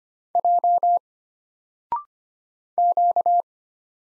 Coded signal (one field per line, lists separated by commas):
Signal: Morse code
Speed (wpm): 25 wpm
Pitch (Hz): 700 Hz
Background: none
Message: J Q